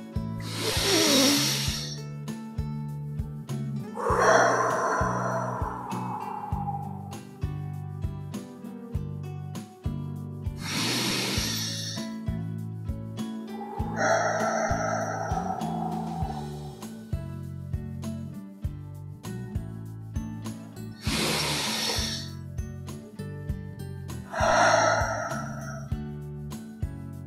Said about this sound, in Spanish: Y vamos a comenzar tres veces a inhalar. Inhalamos hondamente por la coronilla y pasamos el aliento por todos los puntos cuánticos de este cuerpo, llenándonos con la energía celestial. Vamos tres veces.